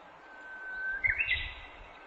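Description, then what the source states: Japanese bush warbler gives one song phrase, a long level whistle ending in a quick upward flourish, with a low rumble in the background. Recorded on 18 April 2008.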